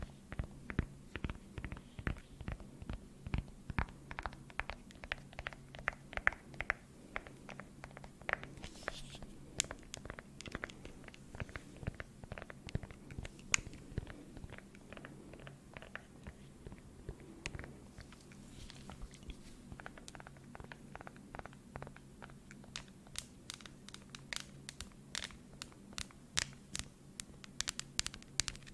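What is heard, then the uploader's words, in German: Quick, dense tapping on shopping items, sharp clicks in irregular bursts over a steady low hum. Ganz viel Gelaber mit Tapping.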